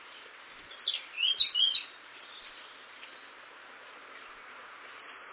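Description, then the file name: European robin song, a descending run of thin high notes early on, a pause, then another high phrase beginning near the end. "Erithacus rubecula"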